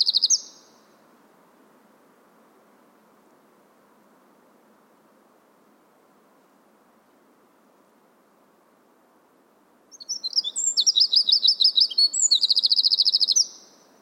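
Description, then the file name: Eurasian wren song: a brief tail of song at the start, a long quiet gap, then a full loud phrase of rapid high notes with a dry, rattling trill. "Troglodytes troglodytes"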